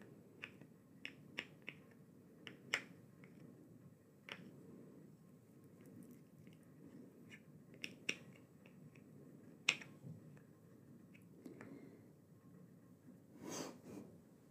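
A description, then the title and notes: Someone making and applying a face mask, with irregular sharp clicks and taps over a low rumble and a soft swishing burst near the end. Making and Applying a Face Mask ASMR.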